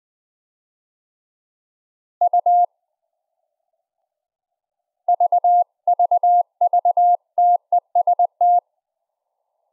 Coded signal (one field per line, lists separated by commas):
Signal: Morse code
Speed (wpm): 20 wpm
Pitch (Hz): 710 Hz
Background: none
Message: U VVV TEST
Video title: Morse Code Audio over Mumble using an EMF PICK UP coil, ASIOBRIDGE & MiniHost Modular Vst Host